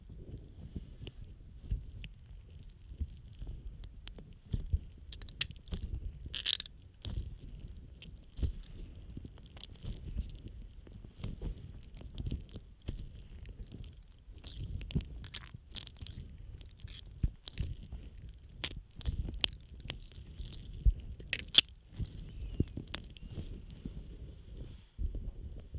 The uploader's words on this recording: ASMR Scrub Ear Massage & Moisturizing Care Rubbing, Stroking, Cleansing, Tapping (No Talking).